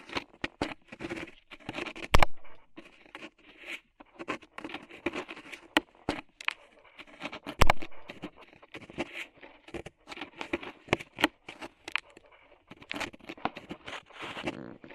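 Ear cleaning with rhinestones and clay being removed: a dense run of small crackly scrapes, ticks and crinkles, mostly bright and uneven in pace. Sharper clicks stand out near 2, 6, 7.5 and 11 seconds, with soft rustling filling the gaps.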